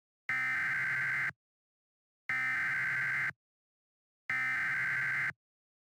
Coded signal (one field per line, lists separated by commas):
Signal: Emergency Alert System (SAME) tones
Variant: header bursts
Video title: SJT 2006 FFW EAS Mock